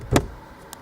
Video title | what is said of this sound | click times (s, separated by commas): MGW - MT-82 Shifter Installation Video | carefully work it from front to rear snaps in place and make sure that it's seated flush | 0.2 s, 0.7 s